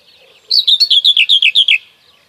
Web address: Przyroda Ptaki Cierniówka